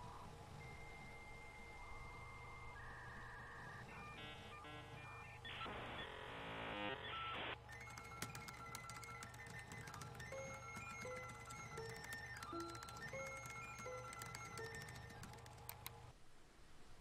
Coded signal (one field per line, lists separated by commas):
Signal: dial-up modem handshake